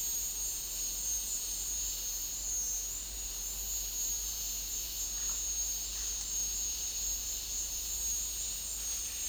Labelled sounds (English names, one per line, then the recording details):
none
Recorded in dense forest near Puerto Asís, Putumayo, Colombia, on 4 March 2025 at 12:00
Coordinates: 0.499, -76.324
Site GP03